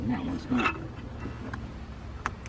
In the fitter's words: there we go locked into place